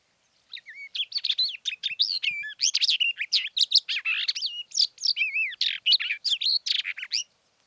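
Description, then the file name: Barred warbler singing a hurried, varied warble after a half-second pause, with harsh chatters and sweet whistled notes tumbling together for about seven seconds. "sperbergrasmuecke"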